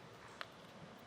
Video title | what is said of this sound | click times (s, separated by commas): etrailer - Thule WingBar Evo Roof Rack Kit Fit Check - 2023 GMC Terrain | Once we get to the point though where we're starting to get fully tight, you'll hear a click from that included torque tool, letting us know that it's torqued down properly. | 0.4 s